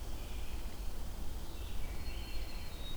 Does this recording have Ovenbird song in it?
no